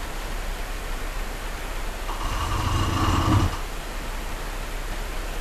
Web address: brown bear